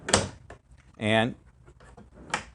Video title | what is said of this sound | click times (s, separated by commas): Van Life Bike storage, Drawer slide construction | full extension it locks in place | 0.1 s